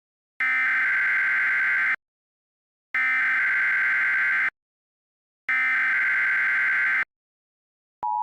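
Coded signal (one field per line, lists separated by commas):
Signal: Emergency Alert System (SAME) tones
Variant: header bursts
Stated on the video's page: Mock (simulated) EAS tornado alert.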